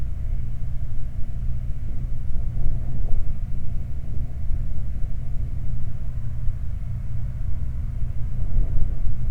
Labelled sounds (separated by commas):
wind, man-made sound